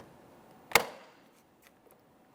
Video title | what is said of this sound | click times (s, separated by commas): How to Replace Rear Interior Door Handles 2014-2019 Toyota Corolla | Listen for an audible click from all three locking tabs. | 0.8 s